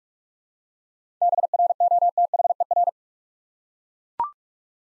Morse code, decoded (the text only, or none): BROTHER